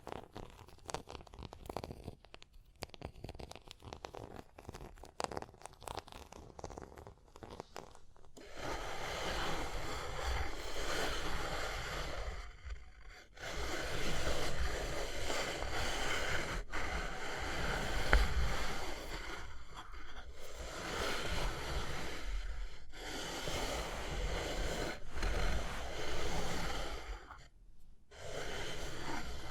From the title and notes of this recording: Tapping and Scratching (No Talking).